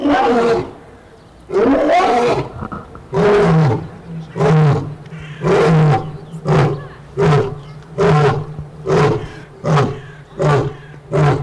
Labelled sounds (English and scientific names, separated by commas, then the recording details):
Lion (Panthera leo) call
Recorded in captivity
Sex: male
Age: adult
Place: Zoo Berlin, Berlin, DE
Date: 1997-03-04 13:10
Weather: heiter, 10 bis 15°C
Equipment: Nagra SN, Kopie Uher 4000 Report Monitor
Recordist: Tembrock, Günter
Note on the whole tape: Männchen: Rufreihe in der Freianlage